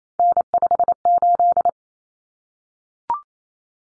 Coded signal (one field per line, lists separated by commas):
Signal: Morse code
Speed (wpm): 28 wpm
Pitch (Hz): 700 Hz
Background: none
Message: N58